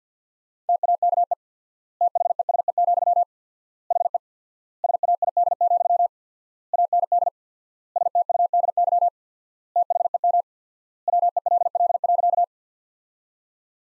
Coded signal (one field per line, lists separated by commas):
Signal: Morse code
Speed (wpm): 50 wpm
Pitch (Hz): 700 Hz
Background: none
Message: TAKE THESE, HE SAID, AND STUDY THEM WELL.